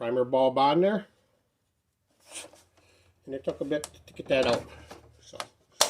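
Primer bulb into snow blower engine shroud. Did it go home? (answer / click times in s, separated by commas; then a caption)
yes / 5.4 s, 5.8 s. A replacement rubber primer bulb is pushed into its mounting hole on the engine shroud of a Toro CCR2000 single-stage snow blower while someone talks. It snaps in with sharp clicks at 5.4 s and 5.8 s, and the bulb is seated firmly enough that it won't pop out.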